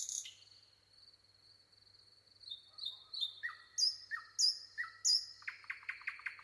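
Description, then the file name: Common nightingale song: a long thin whistle, then sweeping repeated phrases and sharp downslurred notes, ending in a quick series of loud clicking chirps. "Luscinia megarhynchos"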